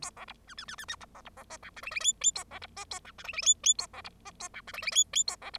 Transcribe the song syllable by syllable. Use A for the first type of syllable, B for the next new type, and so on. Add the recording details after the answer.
A B C D D D D D C B C B E F G H H I I A B C E A F G H H I I A B C E A F G H H I I A B C. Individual Bird0